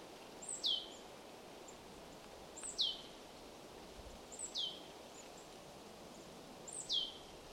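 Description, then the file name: Marsh tit uttering four bright, high descending call notes, roughly every two seconds, each a quick whistled slur falling in pitch, against steady low background noise. "Poecile palustris"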